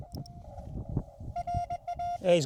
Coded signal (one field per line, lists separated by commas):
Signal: Morse code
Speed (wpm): 22 wpm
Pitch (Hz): 690 Hz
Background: speech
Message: RAE